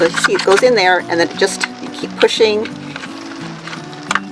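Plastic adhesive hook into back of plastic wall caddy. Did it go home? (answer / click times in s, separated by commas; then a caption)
yes / 4.1 s. A small plastic hook with an adhesive strip is slid into the slot on the back of a clear plastic wall caddy and pushed until it seats, while someone talks over background music. Sharp double clicks at 4.1 s and 4.2 s mark the hook clicking into place.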